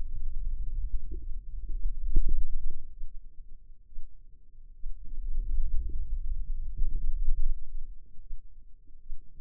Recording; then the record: forearm muscle sounds (acoustic myography)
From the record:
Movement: wrist extension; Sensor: system 2, bracelet of six BSWA MPA416 microphones around the upper forearm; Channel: 1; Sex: female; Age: 25 years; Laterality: right